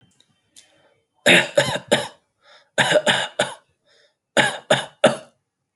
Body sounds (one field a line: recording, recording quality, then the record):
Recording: shallow voluntary cough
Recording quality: excellent, no background noise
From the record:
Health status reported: exposed to COVID-19, no respiratory illness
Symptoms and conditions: none ticked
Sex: male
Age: 26 years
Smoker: not ticked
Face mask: not worn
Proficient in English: yes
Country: India